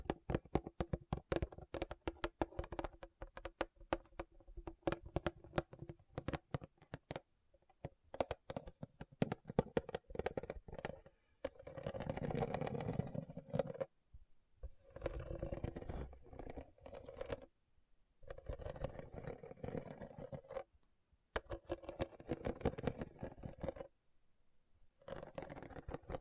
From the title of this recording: RHINESTONE Tapping & Scratching Sounds